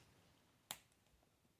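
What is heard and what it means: A removable plastic hood is pulled off an action figure, releasing with a single sharp snap at 0.7 s. Otherwise there is only quiet low background noise.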